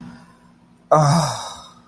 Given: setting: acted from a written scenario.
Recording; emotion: vocal sound without words; ecstasy